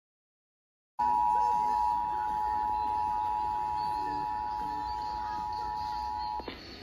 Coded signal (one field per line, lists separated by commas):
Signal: Emergency Alert System (SAME) tones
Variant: 853 and 960 Hz attention tone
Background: speech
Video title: Albany NY Required Monthly Test (8/9/22)